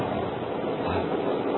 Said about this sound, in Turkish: İşte yağmur başladı anne, bak.